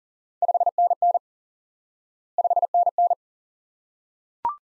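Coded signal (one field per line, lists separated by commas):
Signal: Morse code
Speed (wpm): 40 wpm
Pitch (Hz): 700 Hz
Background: none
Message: 5NN 5NN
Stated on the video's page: Morse lesson teaching the QSO element 5NN by instant word recognition; speed is fast.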